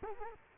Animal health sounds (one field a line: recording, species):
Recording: mosquito wingbeat signal from an infrared sensor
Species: Culex quinquefasciatus